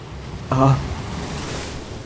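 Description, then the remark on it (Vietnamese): Ocean waves wash against a boat, rocking it, in a steady, hissing rush of water noise that runs throughout, broken early by a short, buzzy tonal burst lasting about a quarter second. “Sóng bắt đầu đánh con tàu lắc lư.”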